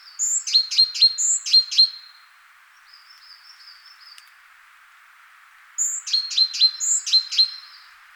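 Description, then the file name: Great tit calls: bursts of sharp high notes with short whistled slurs, given in two clusters separated by a quiet gap of several seconds. "Parus major"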